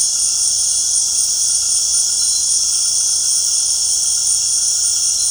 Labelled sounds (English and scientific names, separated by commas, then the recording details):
none
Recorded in secondary vegetation near Puerto Asís, Putumayo, Colombia, on 21 February 2024 at 19:00
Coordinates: 0.489, -76.322
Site G6419